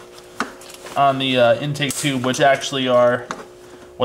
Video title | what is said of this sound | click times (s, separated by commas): Conforti Cold Air Intake Install (E39) FCP Euro - #ProjectE39 | the OEM Clips would be so those just snap into place you don't have to worry about uh connecting the uh mass airflow sensor | 0.4 s